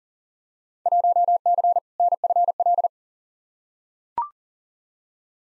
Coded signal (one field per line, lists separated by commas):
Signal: Morse code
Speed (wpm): 37 wpm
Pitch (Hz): 700 Hz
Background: none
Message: 1C NFL